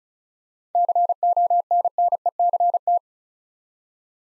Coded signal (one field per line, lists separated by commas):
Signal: Morse code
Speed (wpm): 36 wpm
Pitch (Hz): 700 Hz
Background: none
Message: CONNECT